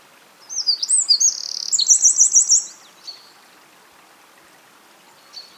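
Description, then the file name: Eurasian wren singing a fast, high, tumbling song with a buzzy trill and six ringing repeated notes, followed by two short, faint high calls later on. "Troglodytes troglodytes"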